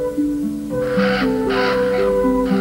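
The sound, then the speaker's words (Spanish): Harsh, rasping caws of hundreds of black birds flying in circles ring out in a few separate bursts over a steady bed of low, sustained tones that shift slowly in pitch. “Mientras, cientos de negras aves volaban en círculos y graznaban ante la tétrica escena.”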